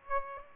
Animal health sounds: mosquito wingbeat signal from an infrared sensor; Aedes aegypti

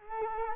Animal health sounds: mosquito wingbeat signal from an infrared sensor; Culex quinquefasciatus

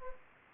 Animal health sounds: mosquito wingbeat signal from an infrared sensor; Anopheles gambiae

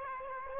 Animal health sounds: mosquito wingbeat signal from an infrared sensor; Aedes aegypti

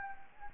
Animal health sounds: mosquito wingbeat signal from an infrared sensor; Anopheles gambiae

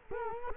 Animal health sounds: mosquito wingbeat signal from an infrared sensor; Culex quinquefasciatus

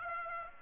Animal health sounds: mosquito wingbeat signal from an infrared sensor; Aedes aegypti

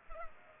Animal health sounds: mosquito wingbeat signal from an infrared sensor; Culex pipiens

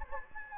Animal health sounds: mosquito wingbeat signal from an infrared sensor; Anopheles gambiae

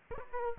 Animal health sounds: mosquito wingbeat signal from an infrared sensor; Aedes aegypti

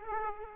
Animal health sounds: mosquito wingbeat signal from an infrared sensor; Aedes aegypti

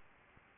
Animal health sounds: mosquito wingbeat signal from an infrared sensor; Aedes albopictus

